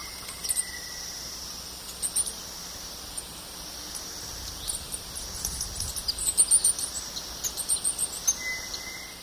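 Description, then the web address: Opal-crowned tanager calling with scattered high, sharp notes, then quick twittering series near the end, over a constant insect hum. Eastern lowlands of South America. "Natures Songs S America Eastern Lowlands Opal-crowned Tanager"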